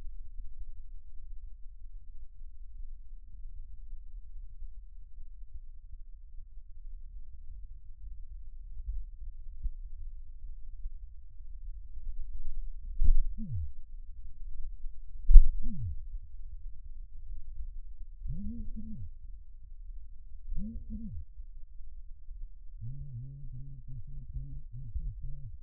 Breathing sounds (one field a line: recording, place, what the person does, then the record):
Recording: lung sounds by stethoscope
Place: left posterior apical chest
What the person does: quiet breathing, then cough and speech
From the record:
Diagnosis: pulmonary infection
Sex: male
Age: 54 years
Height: 187 cm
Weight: 95 kg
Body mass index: 27.2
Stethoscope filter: bell mode